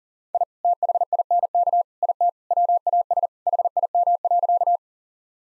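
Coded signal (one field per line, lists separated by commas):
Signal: Morse code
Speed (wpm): 37 wpm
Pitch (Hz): 700 Hz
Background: none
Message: I THINK IT WAS HIM.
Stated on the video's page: Morse code practice sentences for head-copy at 40 wpm.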